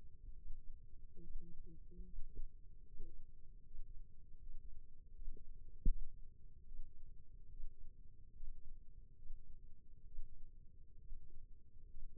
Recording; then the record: forearm muscle sounds (acoustic myography)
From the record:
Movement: rest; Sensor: system 2, bracelet of six BSWA MPA416 microphones around the upper forearm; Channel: 6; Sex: female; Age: 25 years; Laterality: right